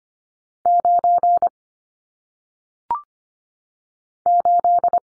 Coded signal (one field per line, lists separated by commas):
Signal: Morse code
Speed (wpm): 25 wpm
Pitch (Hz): 700 Hz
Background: none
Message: 9 8